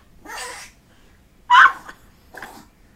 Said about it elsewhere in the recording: That's what you call a sneeze attack. Bless you, Gatsby. He does sometimes just have these intense long sneeze. To be a rabbit with hay fever is just such a plague upon his life.